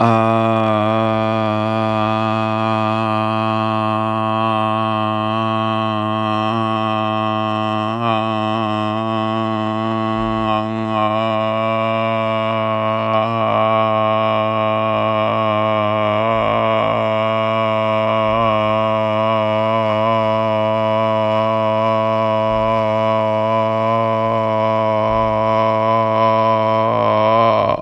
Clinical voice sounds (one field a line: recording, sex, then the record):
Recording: sustained vowel /a/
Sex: male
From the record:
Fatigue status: no fatigue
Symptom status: asymptomatic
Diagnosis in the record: COVID-19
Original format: m4a